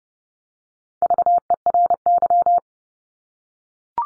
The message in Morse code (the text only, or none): VERY